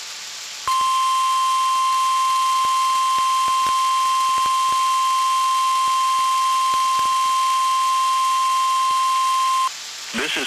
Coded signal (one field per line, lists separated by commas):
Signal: Emergency Alert System (SAME) tones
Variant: 1050 Hz attention tone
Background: speech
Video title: NWR Weekly Tests (12/14/22)(EAS 1305-1308)